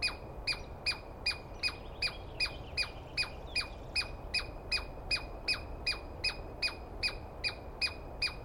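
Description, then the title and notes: Douglas squirrel giving sharp, squawky calls, each with a quick falling tail, repeated steadily about two and a half times a second over a low rumbling background. Recorded at dawn on 21 April 2017 in the East Cascades; a squirrel screaming at length, which the recordist, going by its sound, felt fairly sure was a Douglas Pine Squirrel. "Interview With The Chipmunk. On the morning of 21 April, 2017, I set up my microphones and recorder for a nice dawn recording in the East Cascades. I was started awake by a screaming Douglas Pine Squirrel"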